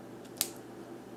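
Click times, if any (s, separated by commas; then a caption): 0.4 s. A keychain tool clip is snapped onto its key ring attachment, giving one short, sharp, bright click at 0.4 s against a faint steady background hum. The click confirms the clip has seated firmly in place.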